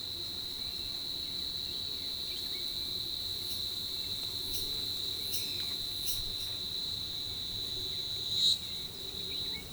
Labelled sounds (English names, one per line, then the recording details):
none
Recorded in forest near Pivijay, Magdalena, Colombia, on 18 April 2023 at 10:30
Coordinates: 10.467, -74.380
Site Z5-G034